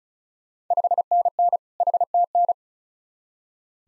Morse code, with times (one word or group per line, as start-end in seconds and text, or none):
0.7-1.6 5NN
1.8-2.5 HTN